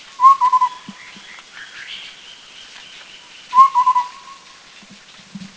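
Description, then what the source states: White-browed scimitar babbler giving low hollow whistled phrases, several quick notes then a trailing tone, heard twice, with faint higher bird calls behind. Recorded in Thailand.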